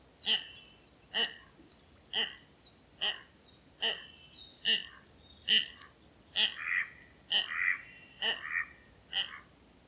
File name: Klykuolė - Common Goldeneye - Bucephala clangula